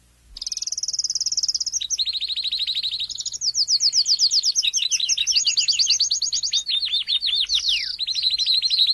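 Domestic canary song, continuous and rich: fast rattling trills at varied pitches, rolling tours and quick falling whistles.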